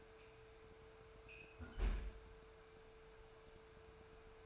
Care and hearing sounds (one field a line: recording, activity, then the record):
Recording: daily activity, microphone in the room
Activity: close fridge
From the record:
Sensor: 2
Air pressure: 1014.8 hPa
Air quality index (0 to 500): 196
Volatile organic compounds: 17 ppm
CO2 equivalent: 2583 ppm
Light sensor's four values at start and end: 26/63/27/30 and 24/58/25/28